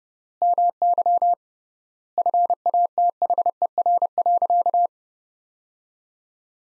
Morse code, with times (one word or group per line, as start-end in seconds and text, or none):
0.4-1.3 MY
2.2-4.9 FATHER.